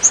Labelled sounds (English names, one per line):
Yellow-rumped Warbler flight call